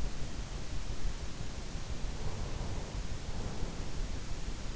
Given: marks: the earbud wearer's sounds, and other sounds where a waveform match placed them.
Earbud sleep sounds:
sounds in sleep by an in-ear microphone; breath
2.32-4.72 s: breath

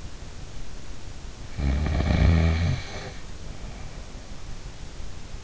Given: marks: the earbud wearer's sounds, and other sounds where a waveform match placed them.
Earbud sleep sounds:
sounds in sleep by an in-ear microphone; snoring breath
1.50-4.24 s: snoring breath

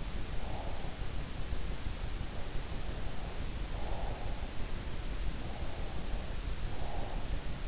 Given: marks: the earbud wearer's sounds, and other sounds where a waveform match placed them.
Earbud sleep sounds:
sounds in sleep by an in-ear microphone; breath
0.00-1.41 s: breath
3.16-4.85 s: breath
6.53-7.68 s: breath

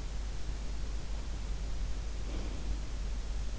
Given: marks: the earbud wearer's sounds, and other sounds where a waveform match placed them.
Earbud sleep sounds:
sounds in sleep by an in-ear microphone; breath
2.01-3.04 s: breath

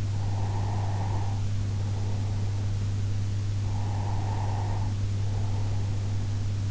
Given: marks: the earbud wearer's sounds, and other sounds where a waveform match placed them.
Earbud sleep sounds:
sounds in sleep by an in-ear microphone; breath
0.25-2.84 s: breath
3.52-6.71 s: breath

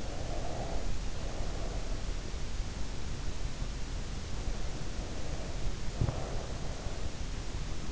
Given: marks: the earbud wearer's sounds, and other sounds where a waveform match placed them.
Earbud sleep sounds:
sounds in sleep by an in-ear microphone; breath
0.00-2.08 s: breath
4.99-7.02 s: breath

